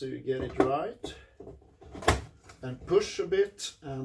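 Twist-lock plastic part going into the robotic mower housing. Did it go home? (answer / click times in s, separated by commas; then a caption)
no / none. A twist-lock plastic part is lined up and pushed a little way into the bayonet-style opening on a Worx Landroid robotic mower housing while someone talks, with a brief sharp handling knock near 2.1 s. Nothing has seated or clicked yet; the part is not home.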